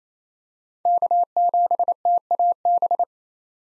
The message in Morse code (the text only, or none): K7TAB